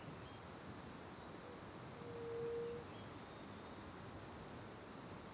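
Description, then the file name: Cricket chorus, a steady high pulsing trill running throughout, with one low hooting tone swelling midway and faint thin whistles above. Recorded in the morning with back to the river near the Angelica cave; crickets first far away, then nearby; AB stereo recording. "De costas para o rio perto da caverna angelica de manha, varios passaros, grilos longe e depois perto, gravacao em ab"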